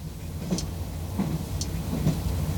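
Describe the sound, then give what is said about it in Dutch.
Steady low rumble of an idling train interior in France, about to depart Paris for Yvetot near Le Havre early on a Saturday morning, with a constant mechanical hum, punctuated by a few soft clicks and brief hissing bursts at intervals, no voices. “Attention à la fermeture automatique des portières, le train va partir.”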